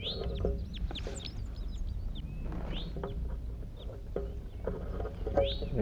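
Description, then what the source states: Crossbills giving several short, upward-sweeping chip calls at irregular intervals over a steady low rumble of background noise. Four wild crossbills calling as they fly over, near a net site on a hill with pine trees.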